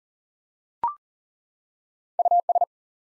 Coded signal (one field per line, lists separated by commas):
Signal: Morse code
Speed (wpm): 40 wpm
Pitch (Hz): 700 Hz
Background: none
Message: US